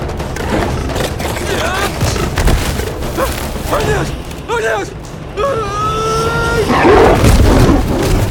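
A lioness roars and snarls loudly as she chases and attacks, over a dense, rumbling background, her growls rising and falling in several rough bursts before a long, sustained roar.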